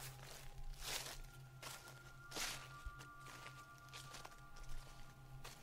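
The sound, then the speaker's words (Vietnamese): Slow, evenly paced footsteps crunch and rustle through dry leaves in a garden, coming from the back and circling toward the front of the house, about six or seven soft crackling steps in a row, with a low steady hum running underneath. “Lại là tiếng bước chân dẫm trên lá khô đi vòng ra hướng đầu nhà.”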